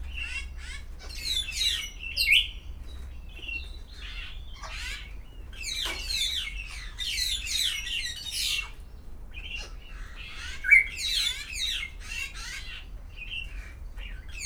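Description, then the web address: Grey parrot calls: dense bursts of harsh, buzzy squawks and short rising whistles, with a louder call near eleven seconds, over a low steady hum. Captive birds at a zoo in Szeged, recorded in 2011. "szegedizoo. jakopapagaj"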